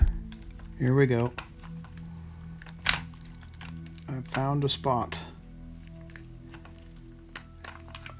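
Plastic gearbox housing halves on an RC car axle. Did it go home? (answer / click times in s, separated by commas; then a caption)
released / 7.4 s. Someone talks while prying at a found spot on the plastic gearbox/axle housing of an almost 30-year-old Tamiya CC-01 Jeep Wrangler RC chassis, working it apart to lock the differential. Small, sharp cracking pops follow as the case halves give, with the clearest pop at 7.4 s, and the gearbox case pops open.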